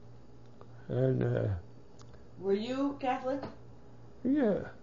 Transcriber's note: none